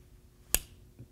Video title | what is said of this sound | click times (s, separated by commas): Beretta 1915: the First of the Beretta Pistols | That flat spring snaps into place, locks the hammer in place. | 0.5 s